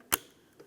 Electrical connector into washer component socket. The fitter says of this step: We're going to reconnect this in as well. Listen for a click.